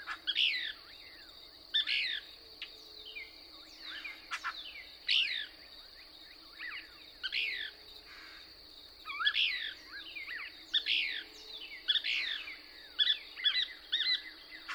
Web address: songs Couch's Kingbird